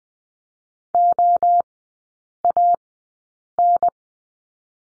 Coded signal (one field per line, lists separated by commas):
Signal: Morse code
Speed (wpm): 20 wpm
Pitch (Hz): 700 Hz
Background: none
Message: OAN